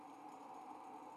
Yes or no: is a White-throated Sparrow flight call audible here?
no